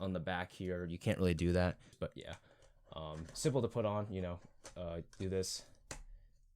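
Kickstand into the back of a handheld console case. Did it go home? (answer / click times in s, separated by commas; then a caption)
yes / 5.9 s. A plastic kickstand is pressed onto the back of a protective case for a handheld console while someone talks. A single short snap is heard at 5.9 s as the kickstand locks into place on the case.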